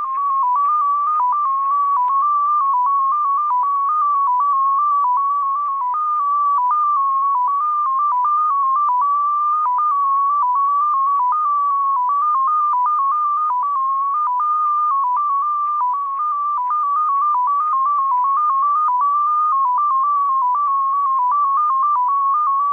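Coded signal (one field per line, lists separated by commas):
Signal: numbers station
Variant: XPA2 polytone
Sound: continuous single tone hopping quickly between several nearby pitches around 1 kHz, about eight steps per second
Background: faint radio static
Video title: XPA2, 2120z 13538 kHz, Message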